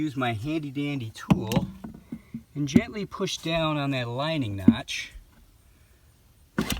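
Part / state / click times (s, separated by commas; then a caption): clean-out plug into boat jet drive housing / seated / 6.6 s. Someone talks while a tool gently pushes down on the alignment notch of a clean-out plug for a boat jet drive housing. After a short quiet stretch, the plug goes into place with a sharp click at 6.6 s, followed by a smaller one right after, and it is seated.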